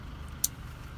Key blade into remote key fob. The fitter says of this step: stick the Keyblade back in click